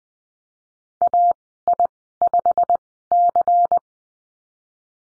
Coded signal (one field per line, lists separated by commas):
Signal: Morse code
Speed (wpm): 20 wpm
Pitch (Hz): 700 Hz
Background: none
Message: AI5C